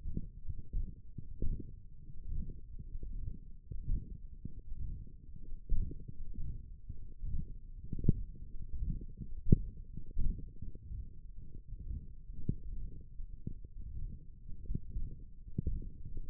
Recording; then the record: forearm muscle sounds (acoustic myography)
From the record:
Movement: hand closing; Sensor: system 1, eight BSWA MPA416 microphones around the upper forearm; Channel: 2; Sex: male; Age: 23 years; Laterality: right